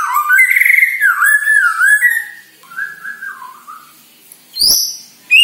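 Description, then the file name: White-rumped shama song: rich fluty whistles and warbles, softer falling notes, then a sharp harsh burst and a high ringing whistle. Lure recording from Borneo, used to make birds sing. "Pancingan Murai Batu Borneo Agar Gacor"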